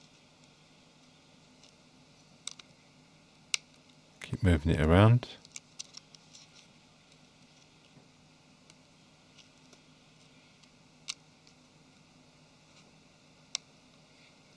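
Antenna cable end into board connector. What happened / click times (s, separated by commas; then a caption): The cable end is worked over its socket but has not clearly seated / none. The other end of the antenna cable on a Nexus 5 (LG-D821/820) is worked around over its board connector socket, a tricky fit, while someone talks briefly. Faint scrapes and sharp little ticks come over a quiet background as it is moved, and nothing has seated or clicked into place yet.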